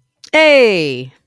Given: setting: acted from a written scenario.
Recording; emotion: vocal sound without words; pride